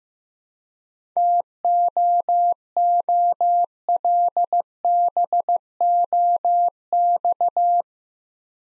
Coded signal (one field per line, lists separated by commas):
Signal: Morse code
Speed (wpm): 15 wpm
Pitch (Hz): 700 Hz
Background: none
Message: TOOLBOX